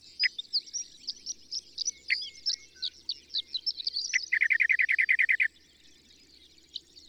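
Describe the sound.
Bird song: busy high chatter and squeaky notes lead into a loud, even trill of quick chirps, then the sound fades to near silence.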